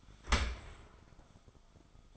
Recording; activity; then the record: daily activity, microphone in the room; open dishwasher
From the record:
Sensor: 5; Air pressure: 1004.7 hPa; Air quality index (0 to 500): 92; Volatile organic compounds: 2 ppm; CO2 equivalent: 1114 ppm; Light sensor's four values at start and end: 32/74/30/30 and 32/74/30/29